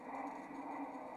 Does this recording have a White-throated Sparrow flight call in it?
no